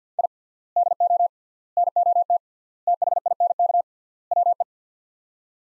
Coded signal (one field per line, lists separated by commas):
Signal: Morse code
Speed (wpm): 50 wpm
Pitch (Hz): 700 Hz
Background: none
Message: I DO NOT THINK WE